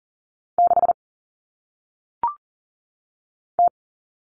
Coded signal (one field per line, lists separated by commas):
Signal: Morse code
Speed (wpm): 42 wpm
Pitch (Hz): 700 Hz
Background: none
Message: 6 T